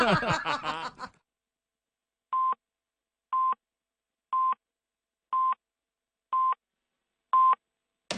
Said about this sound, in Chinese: 跟住电话响